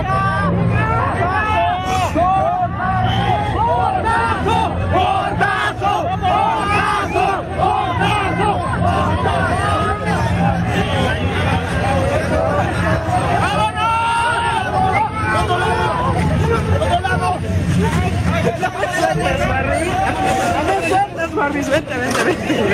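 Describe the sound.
A dense crowd roars and chatters continuously outside a concert entrance, with overlapping shouts and chanting voices forming a loud, steady wall of noise throughout.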